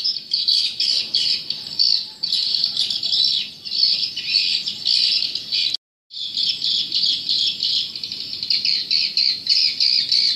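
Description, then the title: Swiftlets chattering as a crowded flock, high rasping chirps overlapping in rhythmic bursts, with a brief cut to silence just past halfway. "Suara Burung Wallet"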